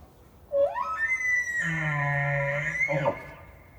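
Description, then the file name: Elk bugle: a lower note rising into a long high whistle that holds steady, then breaks into a harsh descending squeal near the end. Bull; recorded 18 October 2015. "Elk Bulland Cows 20151018"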